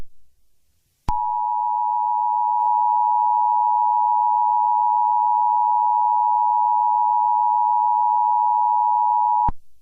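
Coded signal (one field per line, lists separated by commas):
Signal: Emergency Alert System (SAME) tones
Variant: 853 and 960 Hz attention tone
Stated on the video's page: Joke EAS scenario, simulated but using valid EAS tones.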